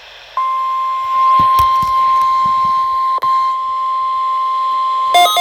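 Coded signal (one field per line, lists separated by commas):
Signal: Emergency Alert System (SAME) tones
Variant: 1050 Hz attention tone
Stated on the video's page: Required Weekly Test SAME tones from a NOAA weather radio transmitter.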